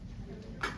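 The plastic drain outlet lock on a urine collection bag is closed by hand. Against a low background hum, a single short tick-like click sounds at 0.6 s as the lock snaps shut. The outlet lock seats closed.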